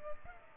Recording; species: mosquito wingbeat signal from an infrared sensor; Culex pipiens